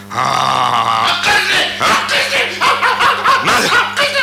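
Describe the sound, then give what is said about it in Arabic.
Vicious dogs bark and snarl in a loud, chaotic frenzy as they attack the horse Boxer, with rapid overlapping yelps and growls that keep coming in uneven bursts for several seconds. “لقد حاولت الكلاب المفترسة قتلي، ولكن استطعت التغلب علي”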